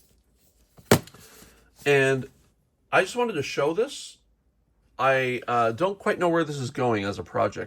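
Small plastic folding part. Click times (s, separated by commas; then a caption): 0.9 s. A resin-printed folding part on a Huxter Labs MGD 1/6-scale toy mission briefcase, made to fit a 1/6-scale G.I. Joe or similar action figure, is folded down and snaps into its locked position with one sharp click at 0.9 s, preceded by a faint rustle. After the click, someone talks.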